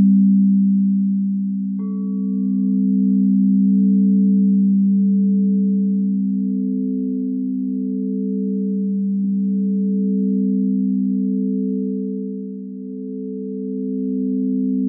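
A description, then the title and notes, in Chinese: A singing bowl hums with a deep, steady drone that holds for the whole stretch, its tone gently swelling and fading in slow waves. Around two seconds a higher ringing tone joins and briefly adds a brighter shimmer before settling into a soft upper hum. 让脑瓜子嗡嗡的颂钵音疗。颂钵（Singing Bowl）源自喜马拉雅山区，最初是由当地的七种金属及天然矿石手工凿击而成的乐器。通过敲击或摩擦的方式传递声音振动。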